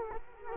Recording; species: mosquito wingbeat signal from an infrared sensor; Culex quinquefasciatus